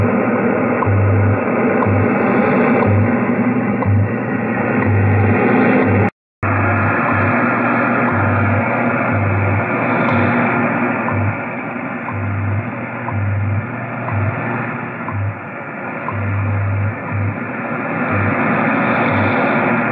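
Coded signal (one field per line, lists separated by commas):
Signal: radio time signal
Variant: WWV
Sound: steady shortwave hiss with a low hum pulsing once a second, brief dropout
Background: radio static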